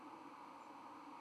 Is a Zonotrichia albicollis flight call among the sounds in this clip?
no